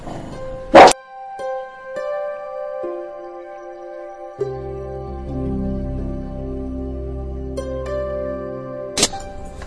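A small female dog barks at birds it sees through a window, two sharp, high barks, one near the start and one near the end, with steady layered tones humming in between.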